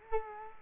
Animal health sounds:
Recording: mosquito wingbeat signal from an infrared sensor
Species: Culex quinquefasciatus

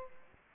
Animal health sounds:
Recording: mosquito wingbeat signal from an infrared sensor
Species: Aedes aegypti

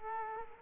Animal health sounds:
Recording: mosquito wingbeat signal from an infrared sensor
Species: Culex quinquefasciatus

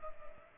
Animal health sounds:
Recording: mosquito wingbeat signal from an infrared sensor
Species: Culex pipiens

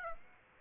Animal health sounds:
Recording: mosquito wingbeat signal from an infrared sensor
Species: Aedes aegypti

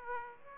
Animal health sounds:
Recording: mosquito wingbeat signal from an infrared sensor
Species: Aedes aegypti

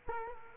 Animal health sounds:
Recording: mosquito wingbeat signal from an infrared sensor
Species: Culex quinquefasciatus

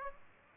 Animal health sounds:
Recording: mosquito wingbeat signal from an infrared sensor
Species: Aedes aegypti

